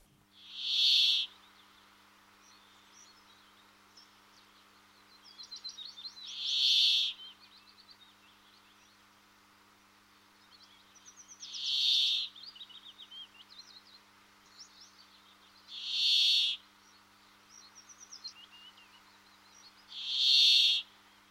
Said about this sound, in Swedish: Men jag har ju hört bärfinken, men det är under sommaren. Och då höll den sig i skogen. Det var i skogen jag hörde bärfinken. Då lyssnar vi på den.